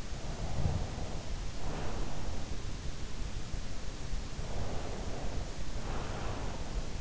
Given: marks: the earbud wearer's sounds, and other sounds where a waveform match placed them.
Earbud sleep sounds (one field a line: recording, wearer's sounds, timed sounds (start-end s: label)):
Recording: sounds in sleep by an in-ear microphone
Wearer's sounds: snoring breath, breath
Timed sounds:
0.39-2.57 s: snoring breath
4.22-7.01 s: breath